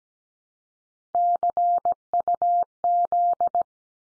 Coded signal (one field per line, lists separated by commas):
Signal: Morse code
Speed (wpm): 17 wpm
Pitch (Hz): 700 Hz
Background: none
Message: CUZ